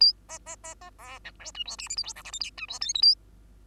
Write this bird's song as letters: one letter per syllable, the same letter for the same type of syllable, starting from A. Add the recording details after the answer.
A B B B B C D E F G H I J K L M N O F G P Q A. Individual Bird2